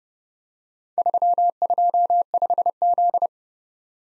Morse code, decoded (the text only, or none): 325Z